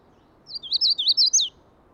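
Magnolia warbler song: a short, sweet phrase of about six quick, wavering whistled notes lasting one second, ending on a sharp downslurred note, over faint low background hiss.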